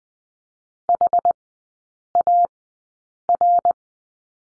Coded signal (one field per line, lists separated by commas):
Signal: Morse code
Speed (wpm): 20 wpm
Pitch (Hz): 700 Hz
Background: none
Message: HAR